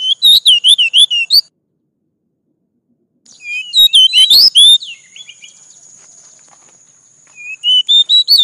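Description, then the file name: Oriental magpie-robin song of quick repeated whistles and slurs, a silent gap, then more bright varied phrases. "Tieng chich choe than dat"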